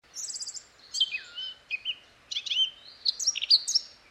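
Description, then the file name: Eurasian blackcap song: a quick, varied warble of sweet whistled and scratchy notes, bursts of high chattering phrases broken by short pauses, against a quiet background. "Sylvia atricapilla"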